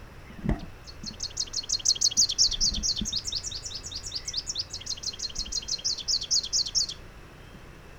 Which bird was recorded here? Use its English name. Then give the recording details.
Rufous-capped Warbler. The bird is a male. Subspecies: salvini. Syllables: 63. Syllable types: 6. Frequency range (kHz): 2.6-7.9 kHz. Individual TX-GBS-M